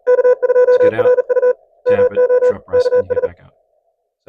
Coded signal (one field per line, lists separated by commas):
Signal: Morse code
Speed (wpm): 38 wpm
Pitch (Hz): 500 Hz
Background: speech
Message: K2RU MO KS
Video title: Unlock Peak Performance: Elecraft KX2 CW Settings For CW POTA/SOTA Hunting